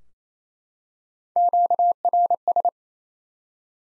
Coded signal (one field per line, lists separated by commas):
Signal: Morse code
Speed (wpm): 28 wpm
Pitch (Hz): 700 Hz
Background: none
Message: QRS